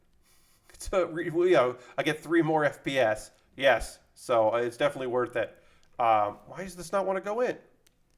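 A plastic model kit part is being worked into the leg assembly of a Helios HG kit while someone talks throughout. Two faint, sharp ticks come near the end, at about 7.9 s and 8.2 s. The part will not go in, and nothing has seated or snapped into place yet.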